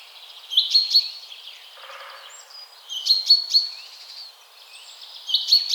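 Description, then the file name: Common chaffinch calls: three brief clusters of sharp chirps with a thin whistle, over quiet background hiss. "Fringilla coelebs"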